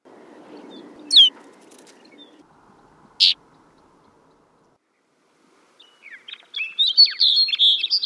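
Snow bunting song: two isolated sharp notes, then a quick jumbled phrase of twittering, warbled notes toward the end, with faint low background noise.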